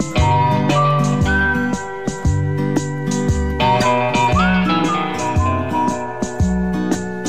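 person whistling a tune

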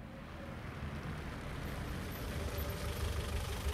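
taxi engine idling

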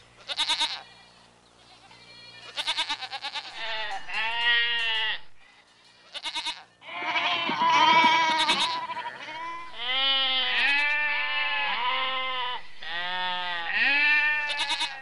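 goats bleating

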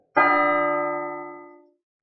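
bell ringing

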